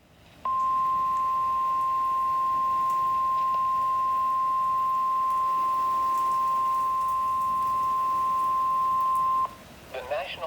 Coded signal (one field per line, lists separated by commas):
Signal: Emergency Alert System (SAME) tones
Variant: 1050 Hz attention tone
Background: speech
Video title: EAS Alerts + Severe Weather Event From 4/30/22.